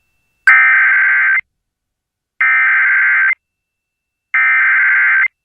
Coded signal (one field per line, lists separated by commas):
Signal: Emergency Alert System (SAME) tones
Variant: header bursts